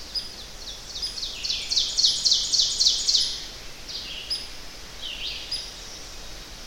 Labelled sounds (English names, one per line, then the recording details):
Ovenbird song
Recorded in boreal forest in Alberta, Canada, on 10 June 2016 at 07:50
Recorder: SongMeter 3, array SBT-3-39
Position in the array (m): 215 m, 167 m
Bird 17